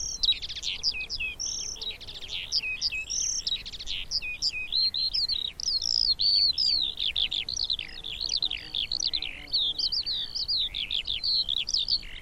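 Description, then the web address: Eurasian skylark singing a continuous, hurried high warble of chirps and trills without pause. "Deverinetal"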